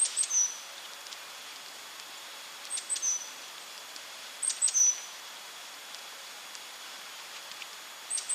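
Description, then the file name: Great tit calling in clusters of high clicking notes followed by a short piercing whistle, recurring every few seconds, with quiet hiss between bursts. "Parus major"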